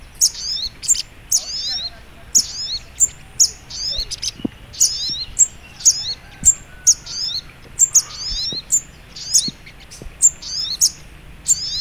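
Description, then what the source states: Little Spiderhunter song: thin, sharp high chirps with short falling twitters, repeated many times, with soft low noise behind. Masteran (training) recording; song style called Labaik.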